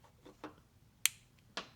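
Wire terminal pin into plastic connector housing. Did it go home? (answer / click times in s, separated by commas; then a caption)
yes / 1.1 s. A crimped wire terminal pin is slid into a plastic wiring connector housing for a headlight sub-harness on an 89-97 Mazda Miata. A few faint ticks lead up to a sharp click at 1.1 s as the pin locks in place, followed by a fainter tick and another click at about 1.6 s.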